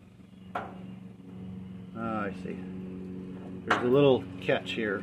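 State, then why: Not seated. A wiring connector or clip with a small catch is handled while fitting the electric start parts on a 186F small diesel engine, with a sharp handling knock at 0.6 s and someone talking over a low steady hum. Nothing has clicked or seated yet.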